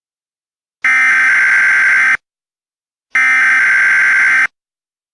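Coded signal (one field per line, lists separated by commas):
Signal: Emergency Alert System (SAME) tones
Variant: header bursts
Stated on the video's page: Fictional Emergency Alert System shelter-in-place warning.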